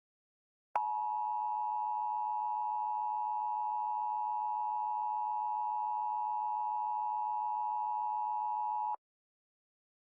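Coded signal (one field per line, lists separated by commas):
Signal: Emergency Alert System (SAME) tones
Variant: 853 and 960 Hz attention tone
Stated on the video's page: Fictional EAS scenario, analog horror about Earth's magnetic field in permanent flux.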